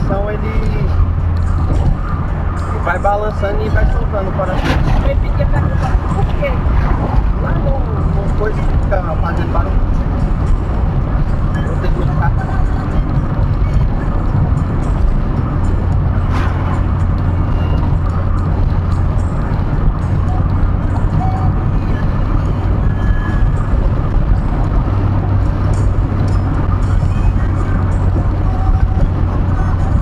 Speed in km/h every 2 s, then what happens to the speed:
101, 101, 95, 95, 97, 100, 101, 102, 102, 102, 105, 112, 111, 107, 102.
0-6 slows to 95. 6-18 steady at about 101. 18-22 speeds up to 112. 22-30 slows to 102.